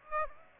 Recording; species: mosquito wingbeat signal from an infrared sensor; Aedes aegypti